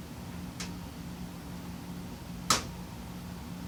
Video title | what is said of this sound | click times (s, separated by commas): Harbor Freight 5 drawer tool box assembly part 1 | Definitely a little tighter fit. You can hear them snap in. | 2.5 s